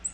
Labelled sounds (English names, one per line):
Black-throated Green Warbler flight call